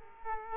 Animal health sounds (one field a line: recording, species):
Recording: mosquito wingbeat signal from an infrared sensor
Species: Culex quinquefasciatus